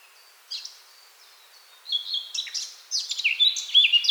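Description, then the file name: Eurasian blackcap song: a few soft notes, then a loud, rapid warble ending in clear, fluting whistles. "Sylvia atricapilla"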